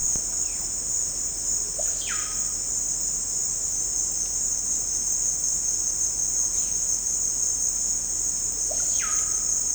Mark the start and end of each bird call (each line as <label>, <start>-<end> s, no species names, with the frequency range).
bird call (0.3-4.9 kHz), 1.78-2.50 s
bird call (0.4-4.8 kHz), 8.64-9.54 s